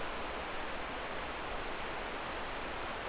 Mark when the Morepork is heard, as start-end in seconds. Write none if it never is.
none